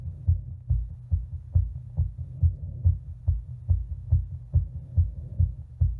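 Regular, low-pitched adult heartbeats heard by stethoscope repeat at roughly 140 per minute, with a faint low hum between beats: a rapid heart rhythm.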